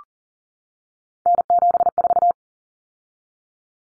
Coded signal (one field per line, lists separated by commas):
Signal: Morse code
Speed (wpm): 40 wpm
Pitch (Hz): 700 Hz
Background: none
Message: N74